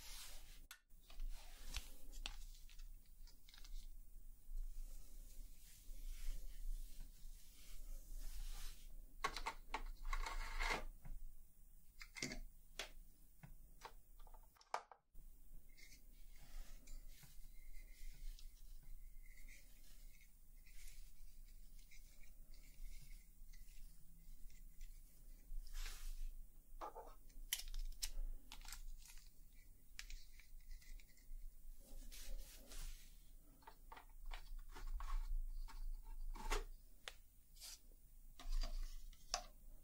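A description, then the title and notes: Crisp snips and rubbing sounds of hair cutting come in irregular clusters over a low steady hum. ASMR Relaxing Haircut Roleplay (Layered Sounds & Real Hair Cutting).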